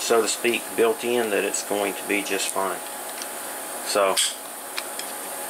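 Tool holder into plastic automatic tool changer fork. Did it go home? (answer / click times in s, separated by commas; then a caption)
yes / 4.8 s. An aluminium tool holder is pushed into a newly machined plastic fork for the automatic tool changer while someone talks. It snaps into place with a short, sharp click at 4.8 s and is seated.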